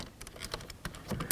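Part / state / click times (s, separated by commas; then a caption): wiring connector into door panel switch socket / not seated / none. A plastic wiring connector is handled and pressed toward its switch socket on the back of the door panel of a 1988-2000 Chevy K1500 during an interior door handle replacement. Light scattered ticks and taps build to a sharp, loud hit at about 1.3 s. Nothing has seated or clicked in yet.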